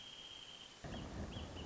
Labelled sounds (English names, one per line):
Wrentit